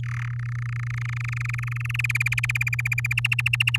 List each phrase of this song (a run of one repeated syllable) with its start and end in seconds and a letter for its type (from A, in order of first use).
0.03-0.28 A, 0.30-2.01 B, 2.04-3.13 C, 3.17-3.77 D